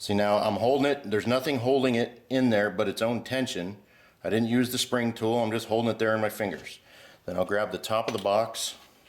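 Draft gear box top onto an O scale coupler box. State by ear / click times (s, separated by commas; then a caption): not seated / none. A man talks while holding an O scale Kadee coupler by hand in its draft gear box, kept there only by its own tension without a spring tool, and reaches for the small plastic top of the box. Nothing has seated or clicked yet.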